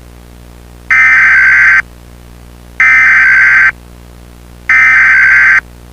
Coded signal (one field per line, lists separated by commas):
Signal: Emergency Alert System (SAME) tones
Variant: header bursts